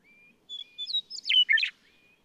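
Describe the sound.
Western meadowlark song: two or three pure whistled notes, then a rapid, loud, warbling cascade that drops in pitch, with a thin steady tone before and after.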